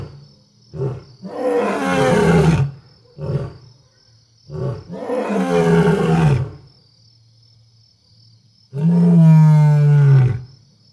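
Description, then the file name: Lion roars: short grunts lead into two long, rough, deep roars, followed by a final sustained moaning roar, over a faint steady high hum. Several lions vocalising during the night. "Lions Screaming During The Night"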